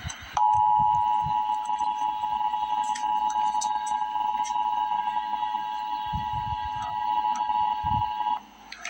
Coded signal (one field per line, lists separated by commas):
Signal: Emergency Alert System (SAME) tones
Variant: 853 and 960 Hz attention tone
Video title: Emergency Alert System - Special Weather Statement - Sep 15, 2025 at 5:20 AM EDT